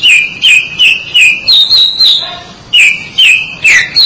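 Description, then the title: Oriental magpie-robin giving loud, repeated downslurred whistles about every half-second, shifting to higher notes, then resuming after a short pause. "Suara Kicauan Burung Kacer Durasi Panjang"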